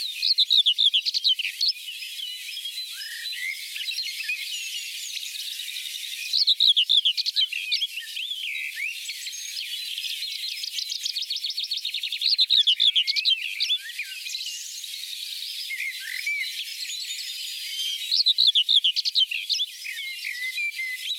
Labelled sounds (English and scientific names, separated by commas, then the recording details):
Common Whitethroat (Sylvia communis) song
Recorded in the wild
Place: Oberrotweil am Kaiserstuhl, Baden-Württemberg, DE
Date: 1988-06-11
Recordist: Schwarz, Dieter